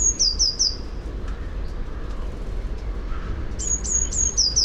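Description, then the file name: Eurasian blue tit song phrases at start and end, thin high notes dropping into a quick trill, with soft low background noise between. "Cyanistes caeruleus"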